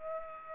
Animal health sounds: mosquito wingbeat signal from an infrared sensor; Aedes aegypti

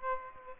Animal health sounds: mosquito wingbeat signal from an infrared sensor; Aedes aegypti

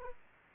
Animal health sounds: mosquito wingbeat signal from an infrared sensor; Aedes aegypti

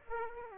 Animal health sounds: mosquito wingbeat signal from an infrared sensor; Aedes aegypti

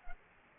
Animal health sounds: mosquito wingbeat signal from an infrared sensor; Culex pipiens

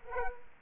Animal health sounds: mosquito wingbeat signal from an infrared sensor; Culex quinquefasciatus

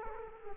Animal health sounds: mosquito wingbeat signal from an infrared sensor; Culex quinquefasciatus

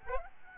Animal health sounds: mosquito wingbeat signal from an infrared sensor; Aedes albopictus

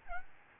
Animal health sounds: mosquito wingbeat signal from an infrared sensor; Aedes albopictus

